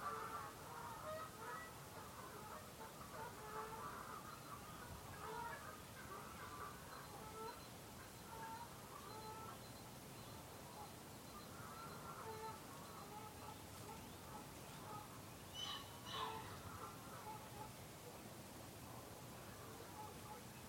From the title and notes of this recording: The soft crooning of nesting geese on the Dyfi Estuary. We're sitting on a wooded promontory above the Dyfi Estuary in the RSPB's magical Ynys Hir reserve. It's early April, there's a chill in the air but the wind has dropped allowing the gentle murmuring of Canada geese to rise over the salt marshes.